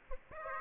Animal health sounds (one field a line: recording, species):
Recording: mosquito wingbeat signal from an infrared sensor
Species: Aedes aegypti